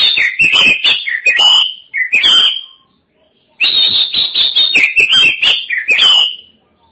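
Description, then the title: Oriental magpie-robin song: two loud bursts of rapid, varied whistles and grating notes, separated by a silent gap of about a second. Chirping song (kicauan) of the bird. "Suara Kicauan Burung Kacer"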